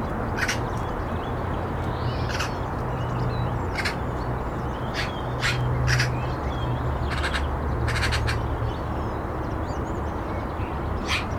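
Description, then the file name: Eurasian magpie giving harsh, raspy calls, single and in short doubled bursts at irregular intervals, over a steady low rumble with faint chirps from other small birds. "Pica pica"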